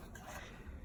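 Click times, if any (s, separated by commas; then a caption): none. A handle is set in position against the body of a Kirby Sentria vacuum during a transmission repair, with quiet handling noise and a short bump at about 0.15 s. The handle has not snapped into place yet; nothing has seated or clicked.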